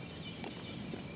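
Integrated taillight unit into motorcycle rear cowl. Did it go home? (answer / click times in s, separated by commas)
no / none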